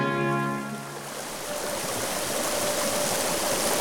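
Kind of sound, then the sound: nature, flowing stream water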